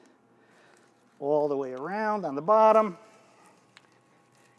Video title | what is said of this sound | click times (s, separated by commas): Tesla Model X Wheel Bands Installation Video | you can like you can literally hear it snap I don't know if you can get this on | 3.8 s